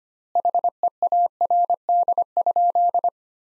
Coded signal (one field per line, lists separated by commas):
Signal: Morse code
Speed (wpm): 25 wpm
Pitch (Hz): 700 Hz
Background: none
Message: HEARD?